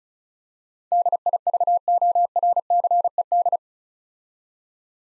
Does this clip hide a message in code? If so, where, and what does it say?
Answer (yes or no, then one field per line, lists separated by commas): yes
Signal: Morse code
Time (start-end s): 0.9-3.6 s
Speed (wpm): 36 wpm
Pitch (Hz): 700 Hz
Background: none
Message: DIVORCED